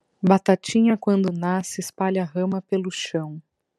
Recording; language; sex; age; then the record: short text; Brazilian Portuguese; female; 30 to 39 years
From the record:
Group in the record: control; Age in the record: 36 years